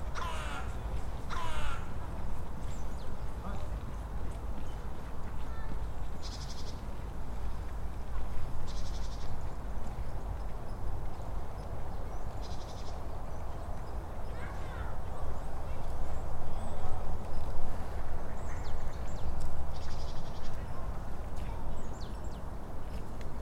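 A steady low rumble of distant city traffic fills the whole stretch, dense and unchanging. Short bright bursts of rapid tapping, likely a woodpecker, come every few seconds, around 6, 9, 13 and 17 seconds. Scattered bird calls cut through near the start and midway.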